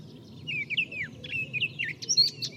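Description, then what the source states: Eurasian Blackcap song: quieter chain of fluty whistles, several slurring downward, ending in a few higher, brighter notes. Recorded at La Chaux, Saint-Bonnet-le-Courreau, on 15 April 2025 with a Tascam DR-05 and parabola; known song, bird seen.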